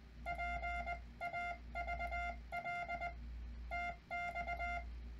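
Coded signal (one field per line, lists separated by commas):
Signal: Morse code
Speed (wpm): 20 wpm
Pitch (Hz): 700 Hz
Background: none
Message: PAVL TX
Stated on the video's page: CW sent with a USB Winkeyer interface into the Iambic Master sending game, a timing practice drill.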